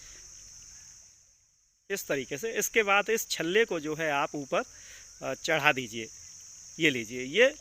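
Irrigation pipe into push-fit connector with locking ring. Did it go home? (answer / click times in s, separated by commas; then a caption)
no / none. A plastic rain irrigation pipe is slid fully onto the barb of a push-fit connector before its locking ring is pushed up, so nothing has seated or clicked yet. A steady high-pitched buzz runs under the whole clip, and someone talks from about 1.9 s onward.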